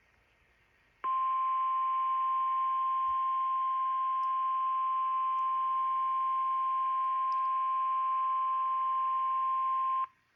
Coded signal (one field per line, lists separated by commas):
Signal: Emergency Alert System (SAME) tones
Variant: 1050 Hz attention tone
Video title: Weekly Tests & A Few Civil Alerts (EAS #1418-#1427)